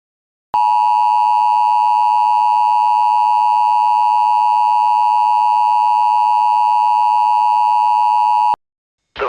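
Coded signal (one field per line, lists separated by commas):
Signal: Emergency Alert System (SAME) tones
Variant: 853 and 960 Hz attention tone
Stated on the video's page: Mock EAS alert, imagined rather than real.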